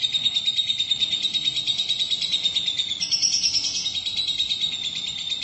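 Lovebird song: a continuous, rapid, buzzy twitter of high chattering notes, with a brief higher squeaky stretch midway.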